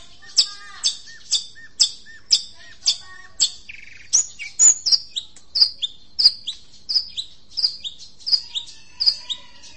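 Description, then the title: Long-tailed shrike song: sharp high chips and whistles repeated in a fast, steady series throughout. Champion singing bird; song. "Kicau Burung Cendet Juara"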